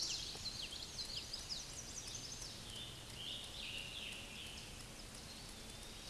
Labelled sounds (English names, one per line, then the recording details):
Scarlet Tanager song
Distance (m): 70 m
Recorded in a Pennsylvania forest on 19 May 2023 at 09:55
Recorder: AudioMoth, point grid1_3_low
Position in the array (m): 154 m, 73 m